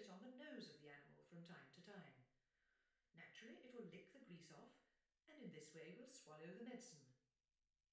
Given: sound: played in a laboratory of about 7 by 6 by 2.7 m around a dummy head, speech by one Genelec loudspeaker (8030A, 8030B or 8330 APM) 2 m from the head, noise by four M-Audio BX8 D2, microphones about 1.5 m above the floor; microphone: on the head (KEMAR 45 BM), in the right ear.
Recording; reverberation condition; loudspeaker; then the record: female speech in English; medium; 30 degrees to the left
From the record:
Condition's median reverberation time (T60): about 510 ms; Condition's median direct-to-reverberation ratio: about -0.5 dB